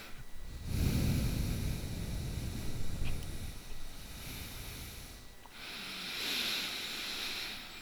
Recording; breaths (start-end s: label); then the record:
nose breathing near a microphone
0.00-0.61 s: inhalation
0.61-5.46 s: exhalation
5.46-7.82 s: inhalation
From the record:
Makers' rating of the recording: bad